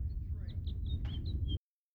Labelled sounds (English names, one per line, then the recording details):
House Finch song
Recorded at Oceanside on Long Island, New York, on 17 June 1975
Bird A